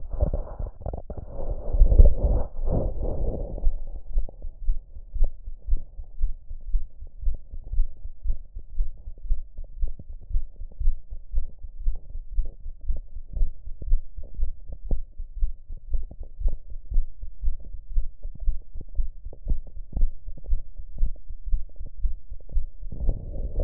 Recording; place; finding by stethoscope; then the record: heart sounds by stethoscope; tricuspid valve (TV); normal heart sounds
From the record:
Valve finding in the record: tricuspid regurgitation, grade 0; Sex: female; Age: 47 years